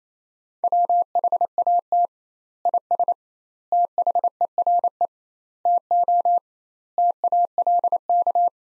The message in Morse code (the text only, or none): WHAT IS THERE TO TALK